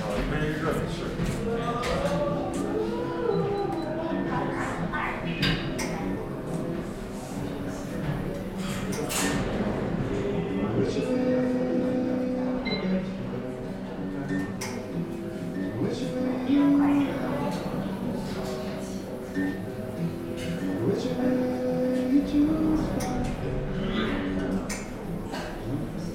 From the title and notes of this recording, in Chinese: 坐在咖啡馆有点开心｜城市声音。北京地坛旁边 没有特地录说话声。